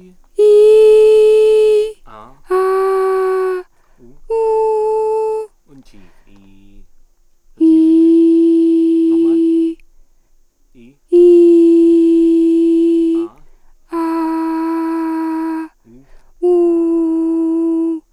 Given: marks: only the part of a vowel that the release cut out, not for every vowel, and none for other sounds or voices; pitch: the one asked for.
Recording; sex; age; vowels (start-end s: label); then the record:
sustained vowels; female; 40 to 49 years
0.71-1.67 s: vowel /i/, high pitch
2.51-3.51 s: vowel /a/, high pitch
4.32-5.40 s: vowel /u/, high pitch
11.14-12.96 s: vowel /i/, low pitch
13.94-15.41 s: vowel /a/, low pitch
16.57-17.75 s: vowel /u/, low pitch
From the record:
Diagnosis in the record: psychogenic dysphonia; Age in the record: 41 years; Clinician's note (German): Psychogene Dysphonie